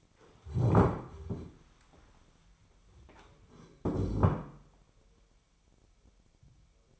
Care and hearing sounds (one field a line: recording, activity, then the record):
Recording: daily activity, microphone in the room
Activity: stand up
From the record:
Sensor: 1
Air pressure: 1015.2 hPa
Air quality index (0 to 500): 190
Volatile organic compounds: 19 ppm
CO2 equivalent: 2667 ppm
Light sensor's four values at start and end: 13/30/12/14 and 12/30/12/13